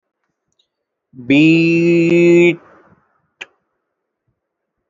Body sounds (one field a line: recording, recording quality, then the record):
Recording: sustained vowel as in beet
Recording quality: excellent, no background noise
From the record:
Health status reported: respiratory illness, not identified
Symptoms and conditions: asthma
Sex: male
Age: 23 years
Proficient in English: yes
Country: India